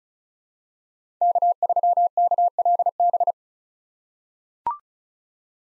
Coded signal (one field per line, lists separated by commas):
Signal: Morse code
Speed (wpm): 36 wpm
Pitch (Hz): 700 Hz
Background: none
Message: K3KLB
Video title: 2023 POTA Activator Call Signs - 35wpm